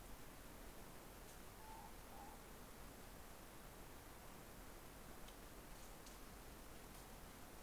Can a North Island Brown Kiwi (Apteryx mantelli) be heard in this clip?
no